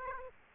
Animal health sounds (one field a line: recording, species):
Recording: mosquito wingbeat signal from an infrared sensor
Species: Aedes aegypti